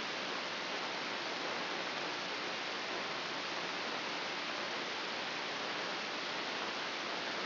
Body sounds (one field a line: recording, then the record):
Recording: brain microelectrode recording played as sound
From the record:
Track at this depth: outside the subthalamic nucleus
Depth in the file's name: 4.223 mm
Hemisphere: left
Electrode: 3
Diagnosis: Parkinson's disease